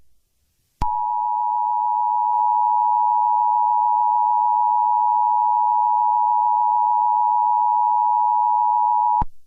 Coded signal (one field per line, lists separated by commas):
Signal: Emergency Alert System (SAME) tones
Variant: 853 and 960 Hz attention tone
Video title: EAS Scenario #2: Hot To Go!